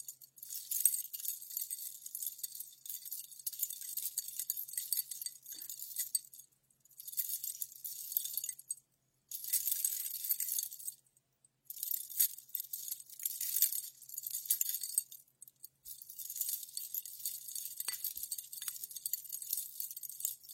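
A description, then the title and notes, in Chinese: Crisp jingling and rustling of everyday objects, like small keys or metal bits shaken by hand, come in bursts of a few seconds separated by short silences. The sound stays bright and thin with no low tones and nothing else underneath. 日常生活音触发。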